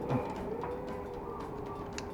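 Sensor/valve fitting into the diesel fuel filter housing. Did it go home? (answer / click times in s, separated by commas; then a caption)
yes / 2.0 s. A sensor or valve connector is pushed into the diesel fuel filter housing while the fuel filter is changed on a Mitsubishi 4D56 diesel engine (Triton/Pajero). Over a steady background hum, a short knock is heard at 0.6 s, then a sharp, fast-decaying click at 2.0 s as the part seats into place at the fuel valve at the back, connecting the signal.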